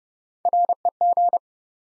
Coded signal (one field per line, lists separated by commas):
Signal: Morse code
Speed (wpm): 30 wpm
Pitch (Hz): 700 Hz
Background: none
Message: REG